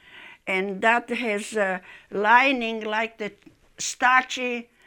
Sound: none

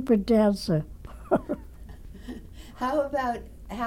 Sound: laughs

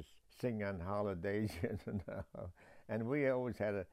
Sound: chuckles

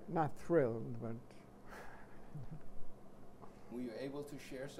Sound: chuckles

